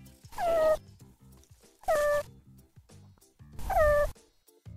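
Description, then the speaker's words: Meerkat move call: three short harmonic calls that slide downward in pitch, over low rhythmic background pulses. Meerkats give this special move call when they want their group to speed up its hunt for food. "Here's what the meerkat move call sounds like."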